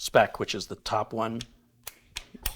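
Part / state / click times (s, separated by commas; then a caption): torque wrench on CPU socket retention screw / torque reached / 2.5 s. Someone talks, then a preset torque wrench tightens a CPU socket retention bracket screw for an AMD Ryzen Threadripper 1950X on an ASRock X399 Taichi sTR4 motherboard, kept to spec so the screws don't strip. Sharp ticks come at 1.9 s and 2.2 s. The wrench clicks at its torque setting at 2.5 s.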